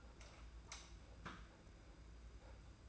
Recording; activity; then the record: daily activity, microphone in the room; light on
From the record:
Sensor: 2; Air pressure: 991.8 hPa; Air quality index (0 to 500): 231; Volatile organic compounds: 1000 ppm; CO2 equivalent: 7745 ppm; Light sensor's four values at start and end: 11/26/10/10 and 11/26/10/10